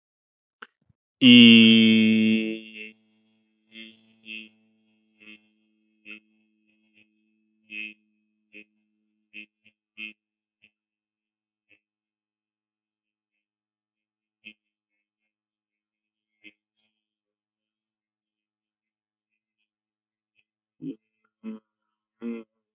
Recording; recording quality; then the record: sustained vowel as in beet; excellent, no background noise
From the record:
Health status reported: healthy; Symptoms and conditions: none ticked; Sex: male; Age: 26 years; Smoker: not ticked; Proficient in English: yes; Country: India